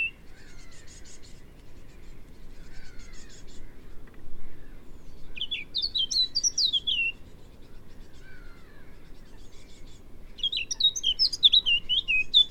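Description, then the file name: Eurasian blackcap song: two bursts of clear, fluty warbling that leap up and down, one around six seconds and another near the end, over fainter high chirping in the background. "Sylvia atricapilla"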